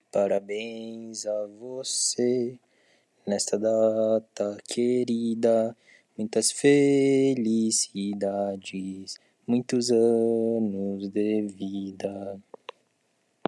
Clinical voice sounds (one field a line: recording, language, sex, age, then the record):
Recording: short text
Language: Brazilian Portuguese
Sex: male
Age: 20 to 29 years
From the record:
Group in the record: control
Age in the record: 21 years